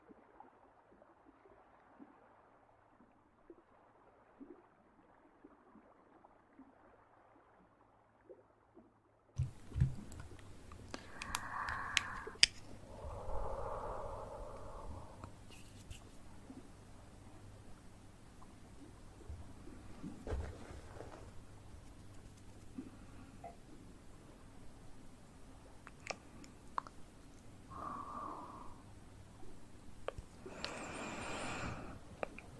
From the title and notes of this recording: TimASMR - The Most Stimulating Ear Massage Trigger.